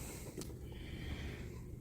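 An internal part is tapped, lined up, and seated into a remote Midland 464 brake booster from a Travco M375 during a rebuild. A single sharp click is heard at 0.4 s over steady low background noise. The part sets in place.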